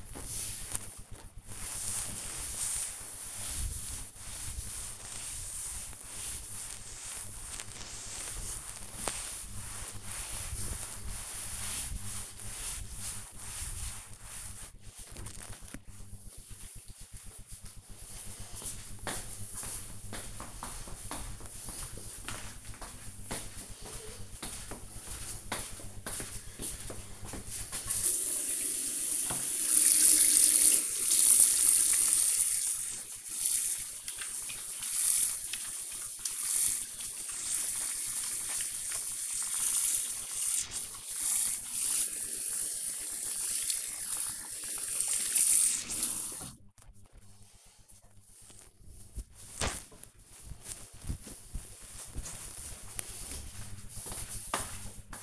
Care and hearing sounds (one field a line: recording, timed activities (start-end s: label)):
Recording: household activities, microphone on the right wrist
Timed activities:
0.00-14.92 s: cleaning table
27.97-47.04 s: washing hands